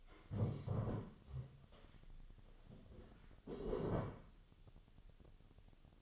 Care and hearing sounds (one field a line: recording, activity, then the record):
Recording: daily activity, microphone in the room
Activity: stand up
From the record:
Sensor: 4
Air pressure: 1016.1 hPa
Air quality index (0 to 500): 165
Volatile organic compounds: 6 ppm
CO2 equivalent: 1882 ppm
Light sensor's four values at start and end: 9/20/8/7 and 9/20/8/7